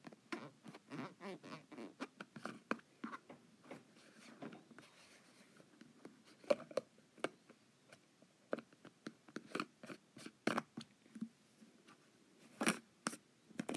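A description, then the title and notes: A lid is unscrewed in a string of short, dry clicks and ticks with a gritty scraping underneath, coming in irregular bursts across the whole stretch. The clicks thin out briefly around the middle, and a few sharper, louder snaps stand out near the end. ASMR Lid Unscrewing.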